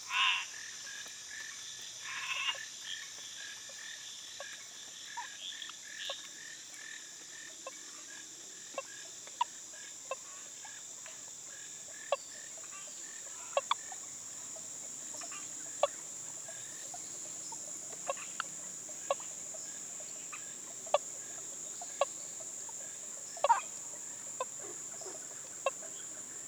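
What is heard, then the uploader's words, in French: Frogs and tree frogs call in a dense night chorus, with a steady high shrill of insects or peepers running throughout. Short sharp clicks and chirps pop out every second or two, some louder, over a quiet, low background. Petite composition musicale à partir d'enregistrements de grenouilles et rainettes du Costa-Rica. Enregistrements : novembre-décembre 11 - Mise en ondes & mix : Arnaud Forest - Réalisation : Rodolphe Alexis.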